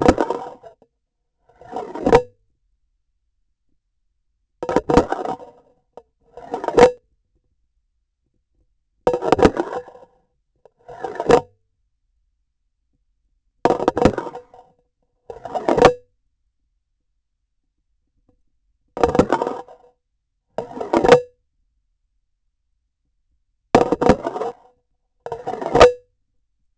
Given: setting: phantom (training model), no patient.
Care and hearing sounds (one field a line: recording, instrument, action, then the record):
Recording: laparoscopic instrument, vibration sensor on the handle end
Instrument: grasping forceps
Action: insertion and removal through the trocar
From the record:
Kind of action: spatial motion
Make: Olympus